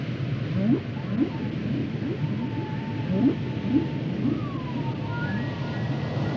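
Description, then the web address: Whale song: a string of short rising chirp-like sweeps with long gliding whistled tones, over a steady low rumble. "Natures Songs Whale Songs Whales and Dolphins - whale nature sounds songs"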